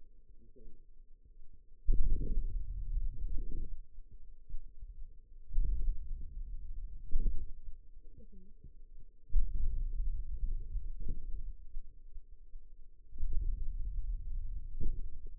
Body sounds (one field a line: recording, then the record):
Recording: forearm muscle sounds (acoustic myography)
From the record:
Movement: hand opening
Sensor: system 2, bracelet of six BSWA MPA416 microphones around the upper forearm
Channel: 4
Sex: female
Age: 21 years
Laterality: right